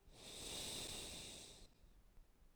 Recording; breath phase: one breath near a microphone; exhalation